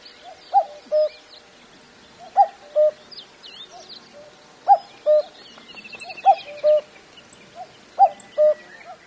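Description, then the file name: Common cuckoo giving its two-note cuck-oo call, high note then lower note, five times, with thin chirps from other birds above. "kakko"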